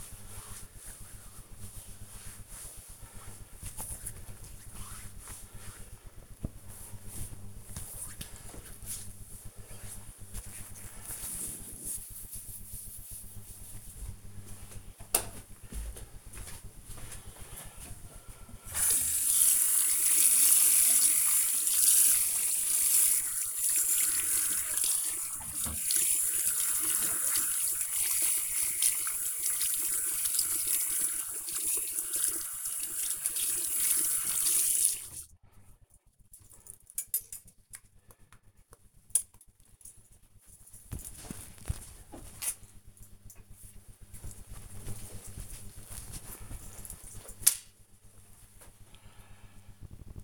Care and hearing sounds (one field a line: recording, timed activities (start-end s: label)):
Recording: household activities, microphone on the right wrist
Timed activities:
0.00-7.83 s: cream hands
18.88-35.96 s: washing hands